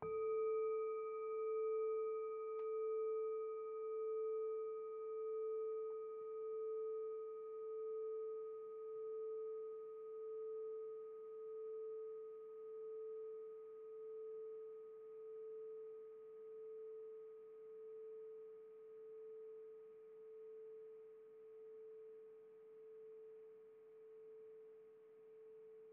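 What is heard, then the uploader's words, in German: A singing bowl rings out at A 440 Hz, one long sustained tone with faint higher overtones above it. The tone pulses gently in a slow, regular wavering as it gradually fades over the whole clip. A soft hiss sits underneath. Klangschale A 440 hz ca. alle 48 Sekunden.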